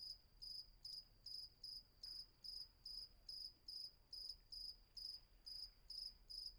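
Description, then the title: Cricket song of rapid, evenly repeated high chirps, roughly two and a half per second, over a faint steady high tone. Night atmosphere at Vagia, Patmos, Greece; recorded with Fostex FR-2 and MKH800 microphone. "Patmos, Vagia, Griechenland - Nachtsimmung 03, Grillen"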